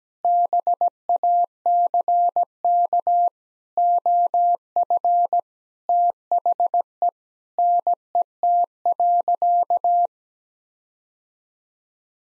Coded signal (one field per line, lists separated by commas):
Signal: Morse code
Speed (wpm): 17 wpm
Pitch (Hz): 700 Hz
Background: none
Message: BACK OF THE NET.